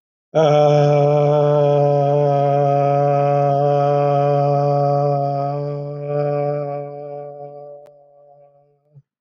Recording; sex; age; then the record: vowel held as long as possible; male; 50 to 59 years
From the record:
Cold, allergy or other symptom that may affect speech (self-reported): no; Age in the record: 59 years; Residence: Ohio, United States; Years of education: 12